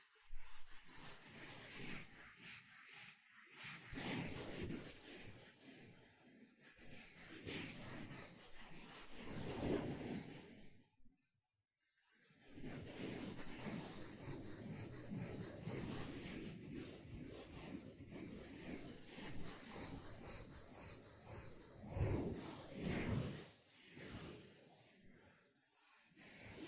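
Sponge sounds: dense, rough scratching and brushing strokes with wet squishing, coming in irregular bursts that swell and fade every second or two. A brief silence falls near eleven seconds before the busy rubbing resumes, with sharper scrapes around twenty-two seconds.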